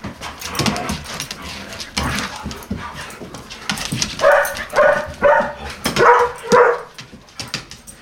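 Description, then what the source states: Collie: dog barking, a run of five quick harsh barks in the latter half, preceded by clattering and shuffling noises. Four dogs, collies, running and barking in a home Foley session at Cmdln's house.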